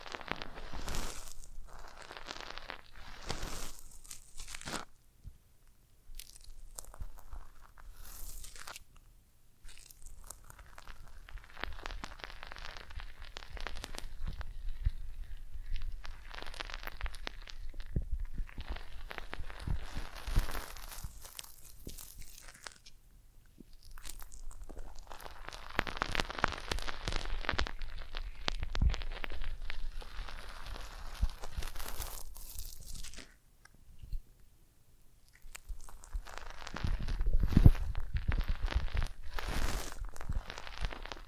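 Close, dense handling sounds of cork, tiny bottles and vinyl, with brushing, scratching and crinkling textures running almost without pause. Short bursts of crisp tearing-like scrapes come every few seconds, with brief silences near 4, 9 and 34 seconds and a louder thump around 37 seconds.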